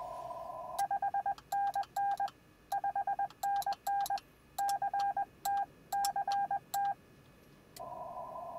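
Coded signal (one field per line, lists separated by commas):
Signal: Morse code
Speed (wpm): 20 wpm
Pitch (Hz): 790 Hz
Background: none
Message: 5NN 5NN CT CT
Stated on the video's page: QRP contacts at 5 watts from the field on the 20 meter band, reaching far-away stations.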